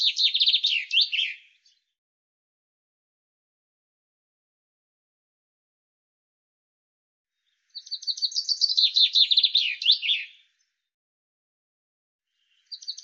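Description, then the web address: Common chaffinch song: bright descending trills, the first already underway at the start, a full one of about three seconds after a long silence, and another beginning at the end. "Deverinetal 2025 File cleaned normalized Bird Fr Co"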